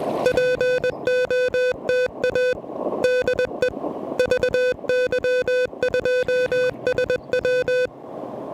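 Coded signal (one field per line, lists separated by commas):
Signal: Morse code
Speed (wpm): 20 wpm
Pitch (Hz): 500 Hz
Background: music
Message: POTA DE VY2SW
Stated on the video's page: Pedestrian mobile QRP Parks on the Air activation, an all-time-new-one park, worked on an Elecraft KH1.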